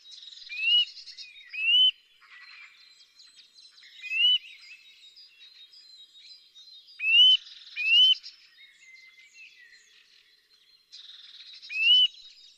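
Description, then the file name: Eurasian nuthatch repeating short rising whistles, six notes in loose pairs and singles, over faint high chirping. "Sitta europaea"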